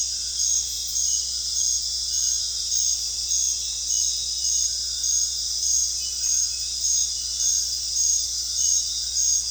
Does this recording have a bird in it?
no